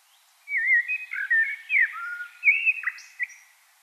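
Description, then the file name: Common blackbird song phrase of clear, fluted whistles sliding up and down, ending in a brief high, scratchy twitter. "Turdus merula"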